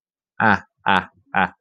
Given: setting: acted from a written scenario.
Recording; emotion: vocal sound without words; pride